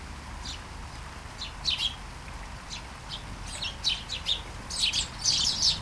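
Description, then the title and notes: Sparrows chirping, starting sparse with single tweets and building to a busy chorus of overlapping chirps toward the end, over faint background noise. Flying sparrows in a garden in Taastrup, Denmark, early morning during a light shower; recorded on a Sony PCM-D100 with internal microphones. "Kærengen 8, 2630 Taastrup, Denmark - Flying sparrows. Flying sparrows in the garden, early morning. Light shower. Vols de moineaux dans le jardin, au petit matin. Pluie fine"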